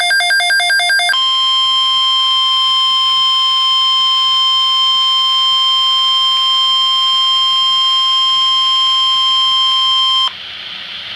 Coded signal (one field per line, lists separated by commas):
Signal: Emergency Alert System (SAME) tones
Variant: 1050 Hz attention tone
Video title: Severe Thunderstorm Watch #365 [EAS #219] 6/25/13